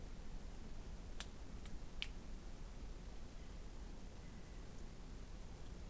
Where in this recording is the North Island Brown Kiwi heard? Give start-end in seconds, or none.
none